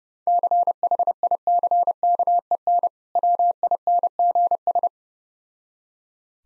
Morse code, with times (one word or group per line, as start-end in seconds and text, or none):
0.3-2.9 CHICKEN
3.2-4.9 WINGS